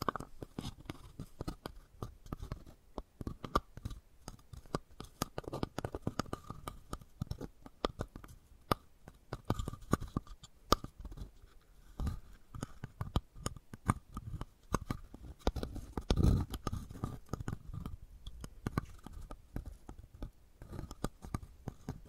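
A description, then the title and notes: Wooden balls knock and roll against one another. The clicks come dense and irregular, in clustered bursts with short pauses, each tap sharp and woody, and a few heavier thuds land around the sixteen-second mark. ASMR Brain Tingly Wooden Ball Triggers (No Talking).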